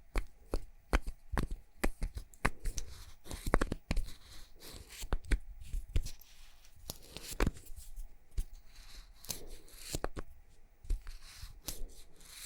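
Makeup ASMR triggers of tapping and scratching: sharp, irregular taps fall every half second or so across the whole twelve seconds, some in quick clusters. Between them runs soft, crisp scratching and rubbing, with a faint steady low hum underneath.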